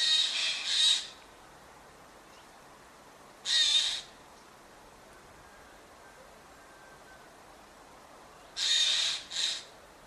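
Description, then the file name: Eurasian jay calling with loud, grating screeches: a doubled burst, a single one, then another pair, with quiet gaps between. "Garrulus glandarius"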